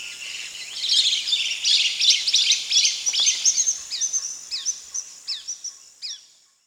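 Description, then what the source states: Dusky broadbill calls: a dense burst of overlapping high chattering notes, then a spaced series of short sharp notes, about two per second, over a steady high hiss, fading at the end. Recorded on 1 April 2006.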